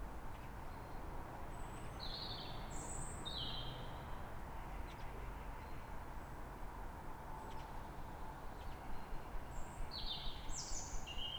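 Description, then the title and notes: Bird song, high chirping notes early and again near the end, above persistent low traffic noise. Calm morning, 3 May, Fresnes, Ile de France; background ring-road traffic. "Matin calme avec oiseaux. Fresnes, Ile de France. Mathias Arrignon"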